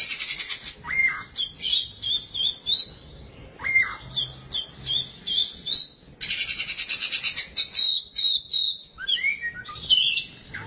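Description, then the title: Oriental magpie-robin song alternating grating buzzy bursts with downslurred whistles and quick chattering notes, in phrases separated by brief pauses. Chirping song (kicauan) of the bird. "Suara Kicauan Burung Kacer Durasi Panjang"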